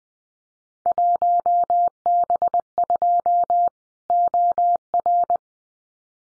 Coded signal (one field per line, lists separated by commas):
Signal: Morse code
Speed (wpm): 20 wpm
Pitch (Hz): 700 Hz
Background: none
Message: 1B2 OR